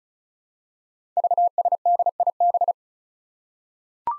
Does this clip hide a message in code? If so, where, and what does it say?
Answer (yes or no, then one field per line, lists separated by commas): yes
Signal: Morse code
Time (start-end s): 1.2-2.7 s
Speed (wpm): 36 wpm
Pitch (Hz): 700 Hz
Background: none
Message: VSDIB